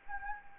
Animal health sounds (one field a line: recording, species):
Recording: mosquito wingbeat signal from an infrared sensor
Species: Anopheles gambiae